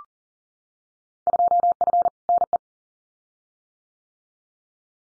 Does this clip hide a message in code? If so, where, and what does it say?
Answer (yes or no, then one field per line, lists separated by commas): yes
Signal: Morse code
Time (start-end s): 1.3-2.6 s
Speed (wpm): 40 wpm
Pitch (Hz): 700 Hz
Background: none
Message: 2F NE